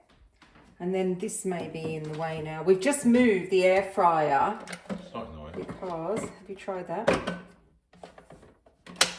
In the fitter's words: There. It locks into place.